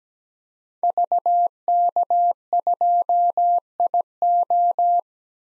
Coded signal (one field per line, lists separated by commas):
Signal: Morse code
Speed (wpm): 17 wpm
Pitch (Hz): 700 Hz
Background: none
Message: VK2IO